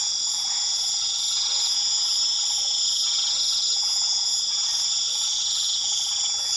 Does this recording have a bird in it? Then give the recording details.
no. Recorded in pastures near Puerto Asís, Putumayo, Colombia, on 8 March 2025 at 21:00. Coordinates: 0.487, -76.322. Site G077